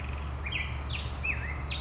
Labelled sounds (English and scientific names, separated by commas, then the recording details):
Black-headed Grosbeak (Pheucticus melanocephalus)
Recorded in Sonoma County, California